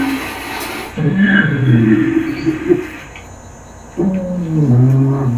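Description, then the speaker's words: Mountain gorilla humming: low grumbling, wavering hums in two bouts separated by a short quiet gap, the second starting abruptly and continuing to the end. Wild mountain gorillas singing or humming while eating, a chorus of appreciation; sounds like grumble humming; first time recorded among wild mountain gorillas. "They've caught our gorillas singing as they eat. It's a chorus of appreciation. The first time this phenomenon has ever been recorded among wild mountain gorillas. Really singing."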